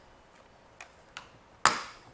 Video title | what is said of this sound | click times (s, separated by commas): Miele Triflex HX1 Graphite Stick, Is this the Perfect Vaccum For You? - vaccumcleanermarket.com | just like that and it will hear a clicking mechanism to add this back into your vacuum | 1.7 s